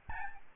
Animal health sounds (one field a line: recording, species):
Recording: mosquito wingbeat signal from an infrared sensor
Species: Aedes albopictus